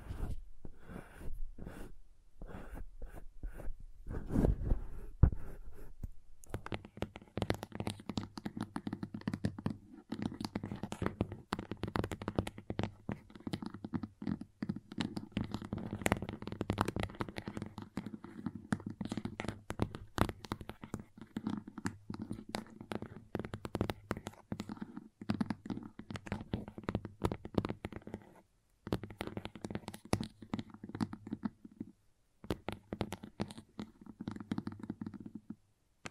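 Crayons tap, scrape and scratch across a surface in dense, irregular bursts of short clicks and rasping strokes. A low steady hum sits underneath from about six seconds on, and brief pauses break the activity near 28 and 33 seconds.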